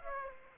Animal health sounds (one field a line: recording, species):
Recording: mosquito wingbeat signal from an infrared sensor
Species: Aedes aegypti